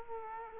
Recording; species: mosquito wingbeat signal from an infrared sensor; Culex quinquefasciatus